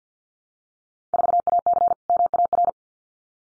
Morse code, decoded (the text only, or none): 4AC MAR